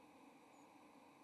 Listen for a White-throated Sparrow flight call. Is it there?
yes